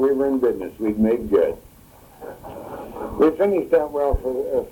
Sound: laughter

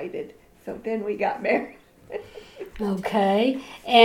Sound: chuckles

